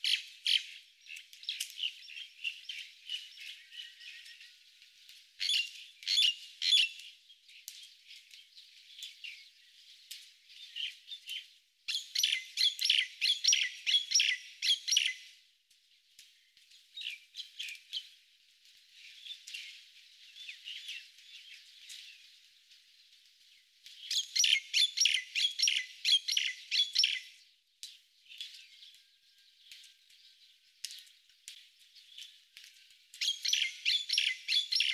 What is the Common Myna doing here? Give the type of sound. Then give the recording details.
song. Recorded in the wild. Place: Buchara, TM. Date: 2001-05-20. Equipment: MiniDisc Sharp MT 20 H. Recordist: Schwarz, Dieter